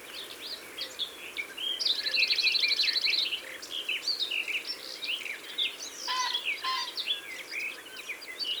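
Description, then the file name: Garden warbler song, a brief level trill near the start, then continuous rapid warbling with a few lower, fuller notes. "Fauvette des jardins ABC des chants doiseaux"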